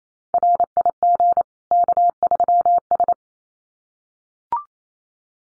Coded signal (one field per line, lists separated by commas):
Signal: Morse code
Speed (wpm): 28 wpm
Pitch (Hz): 700 Hz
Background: none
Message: RIG K3S